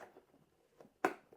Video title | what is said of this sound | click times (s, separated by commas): Part 1: The" click bag" tank bag from Wunderlich, on my BMW R1250GS (Also fits the new R1300GS) | it'll click and then remove simple as that | 1.0 s